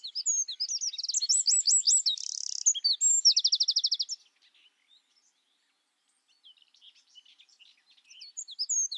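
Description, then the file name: Eurasian wren song: loud, high-pitched outpouring of quick repeated notes, a buzz and a fast rattling trill, followed by a pause and softer scattered chirps rising again. "Troglodytes troglodytes"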